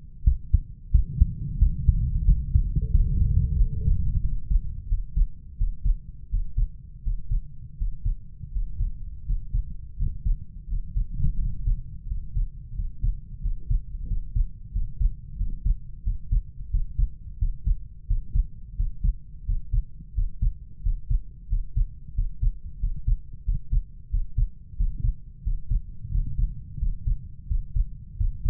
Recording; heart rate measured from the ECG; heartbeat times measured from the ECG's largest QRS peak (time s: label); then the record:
heart sounds by stethoscope; 88 bpm
0.26 s: heartbeat
0.93 s: heartbeat
1.61 s: heartbeat
2.27 s: heartbeat
2.93 s: heartbeat
3.59 s: heartbeat
4.24 s: heartbeat
4.90 s: heartbeat
5.59 s: heartbeat
6.32 s: heartbeat
7.05 s: heartbeat
7.79 s: heartbeat
8.54 s: heartbeat
9.27 s: heartbeat
9.99 s: heartbeat
10.69 s: heartbeat
11.40 s: heartbeat
12.09 s: heartbeat
12.77 s: heartbeat
13.43 s: heartbeat
14.09 s: heartbeat
14.74 s: heartbeat
15.39 s: heartbeat
16.05 s: heartbeat
16.72 s: heartbeat
17.40 s: heartbeat
18.08 s: heartbeat
18.77 s: heartbeat
19.47 s: heartbeat
20.16 s: heartbeat
20.84 s: heartbeat
21.50 s: heartbeat
22.16 s: heartbeat
22.81 s: heartbeat
23.46 s: heartbeat
24.12 s: heartbeat
24.78 s: heartbeat
25.45 s: heartbeat
26.13 s: heartbeat
26.81 s: heartbeat
27.49 s: heartbeat
28.19 s: heartbeat
From the record:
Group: healthy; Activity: rest 0-1 s, Valsalva maneuver 1-29 s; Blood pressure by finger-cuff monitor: 145/89 mmHg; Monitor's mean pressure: 108 mmHg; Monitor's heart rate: 88 bpm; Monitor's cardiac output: 6.5 L/min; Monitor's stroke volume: 75 mL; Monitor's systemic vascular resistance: 1140 dyn s/cm5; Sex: male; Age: 21 years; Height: 175 cm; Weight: 72.6 kg